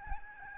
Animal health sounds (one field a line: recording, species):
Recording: mosquito wingbeat signal from an infrared sensor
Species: Aedes albopictus